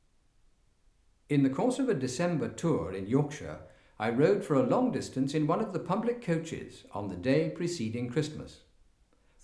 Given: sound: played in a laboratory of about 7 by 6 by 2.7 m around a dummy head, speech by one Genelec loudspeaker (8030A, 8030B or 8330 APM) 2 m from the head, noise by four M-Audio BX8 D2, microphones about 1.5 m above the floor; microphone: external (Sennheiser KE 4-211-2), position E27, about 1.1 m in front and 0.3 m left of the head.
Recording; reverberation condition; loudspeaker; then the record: male speech in English; medium; 30 degrees to the left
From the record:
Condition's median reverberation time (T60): about 510 ms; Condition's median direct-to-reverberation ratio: about -0.5 dB